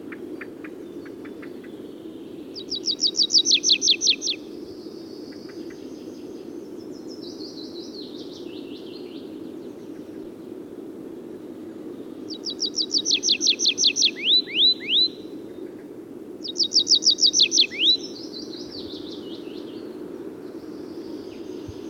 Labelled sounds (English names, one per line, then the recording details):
Tree Pipit song
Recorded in the wild
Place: Hohenzieritz, Mecklenburg-Vorpommern, DE
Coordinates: 53.457, 13.11
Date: 1980-05-01 10:30
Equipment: Nagra III BH, Sennheiser MD 21, parabola
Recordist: Schubert, Michael
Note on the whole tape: Gesang Baumpieper